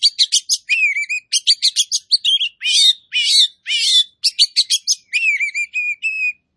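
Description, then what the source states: Oriental magpie-robin delivering a steady stream of rapid chirps and sweet whistled phrases, some rising then falling, in a continuous energetic sequence. Kacer poci variety, singing vigorously (gacor).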